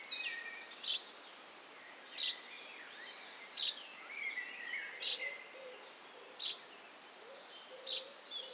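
Common chaffinch giving a short, emphatic high call about every 1.4 seconds, six times, with faint warbling from other birds and a continuous high insect buzz.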